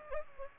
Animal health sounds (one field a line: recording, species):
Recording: mosquito wingbeat signal from an infrared sensor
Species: Aedes aegypti